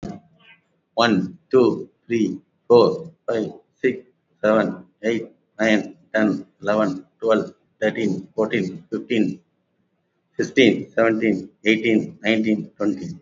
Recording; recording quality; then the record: counting at a normal pace; excellent, no background noise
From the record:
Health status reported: recovered from COVID-19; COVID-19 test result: positive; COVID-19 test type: RT-PCR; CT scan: taken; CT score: 20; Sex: male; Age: 57 years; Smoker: no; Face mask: not worn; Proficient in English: yes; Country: India